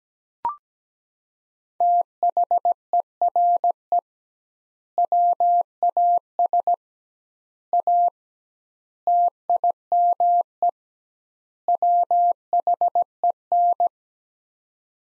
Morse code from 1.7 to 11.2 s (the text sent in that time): THERE WAS A TIME